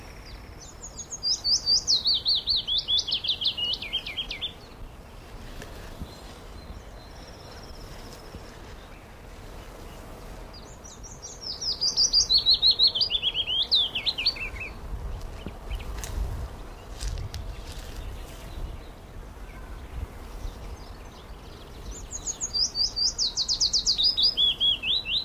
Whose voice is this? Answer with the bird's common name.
Willow Warbler